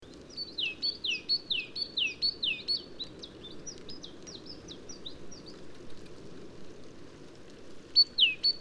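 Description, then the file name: Great tit song, quick repeated two-note phrases, high then sweeping lower, strong at first then fading, a pause, and a brief return near the end over faint low noise. "Parus major"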